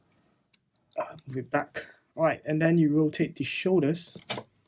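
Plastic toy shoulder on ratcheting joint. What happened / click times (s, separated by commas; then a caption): The plastic part is being handled and has not seated yet / none. A plastic toy robot is handled as its shoulders are about to be rotated on a ratcheting joint, with a few faint short ticks near the start before someone talks over the rest of the clip. Nothing has clicked or seated yet.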